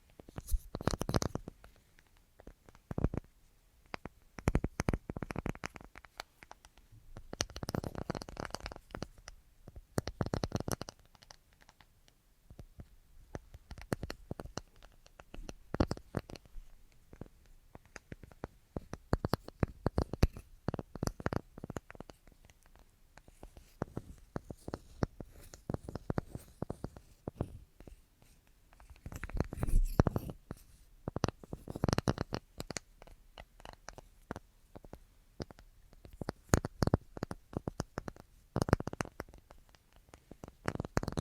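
An assortment of tapping sounds, made of quick, sharp taps that come in busy clusters with short pauses between them. The pace keeps changing, from rapid flurries to sparser single hits. Some taps sound dull and low, others crisp and bright, and faint scratching runs underneath.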